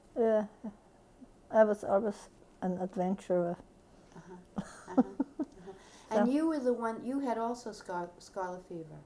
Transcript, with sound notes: yeah. I was, I was an adventurer. ( she laughs )
Uh-huh. And you were the one, you had, also, scarlet fever.